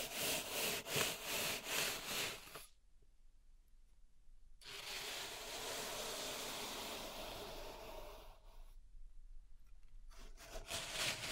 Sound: Pink Salt Zen Garden Triggers